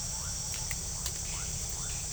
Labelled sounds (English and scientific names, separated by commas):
none